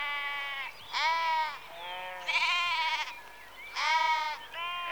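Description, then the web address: Sheep bleat repeatedly in quavering calls, one after another. Rural exterior atmosphere background, sheep recorded close in the early evening. "BBC Sound Effects Library - Exterior Atmospheres-Rural Backg Sheep Early Evening- Close"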